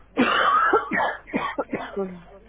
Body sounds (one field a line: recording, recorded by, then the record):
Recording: voluntary cough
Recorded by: telephone call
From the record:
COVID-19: positive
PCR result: checked with the laboratory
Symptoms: yes